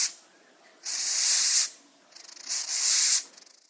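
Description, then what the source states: Madagascar hissing cockroach hissing: two long, breathy, steady hisses of about a second each, separated by a brief quiet gap. Hiss made by pushing air out through the breathing holes (spiracles) along its body.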